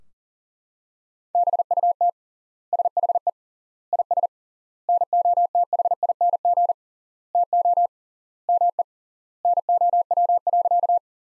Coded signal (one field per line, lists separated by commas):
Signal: Morse code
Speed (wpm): 40 wpm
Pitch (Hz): 700 Hz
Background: none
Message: BUT SHE IS NOTHING TO ME NOW.